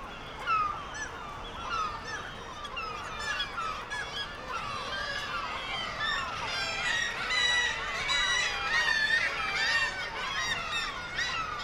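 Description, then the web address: Black-legged kittiwakes in a noisy chorus, many overlapping nasal calls throughout. "sound Black-legged-kittiwake. صدای-پرنده-کاکایی-پاسیاه"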